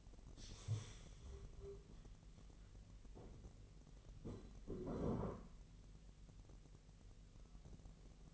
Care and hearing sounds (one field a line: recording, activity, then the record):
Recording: daily activity, microphone in the room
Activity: stand up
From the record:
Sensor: 4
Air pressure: 1002.4 hPa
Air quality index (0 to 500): 249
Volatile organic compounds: 39 ppm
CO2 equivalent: 3129 ppm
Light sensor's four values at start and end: 11/25/10/10 and 11/25/10/10